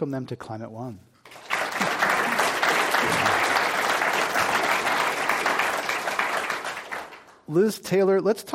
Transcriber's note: applause